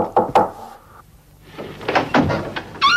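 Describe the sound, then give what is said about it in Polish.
Two sharp, hollow knocks on a door in quick succession, followed by a pause and then a longer stretch of rattling, shuffling noise like the door being handled. “Pukajmy do następnych drzwi.”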